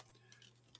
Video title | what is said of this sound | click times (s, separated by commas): Enterprise D build - Stages 87-90 pt1 | and and look that that's snapped right in right there | 0.8 s